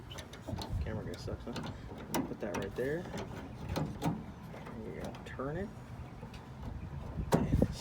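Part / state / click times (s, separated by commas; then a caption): plastic rod retaining clip on a pickup tailgate latch / seated / 7.6 s. A plastic retaining clip on a pickup tailgate latch rod is turned by hand while someone talks, with faint mechanical clicks and handling noise. At 7.6 s the clip snaps shut with a short, sharp hit, seating it in place.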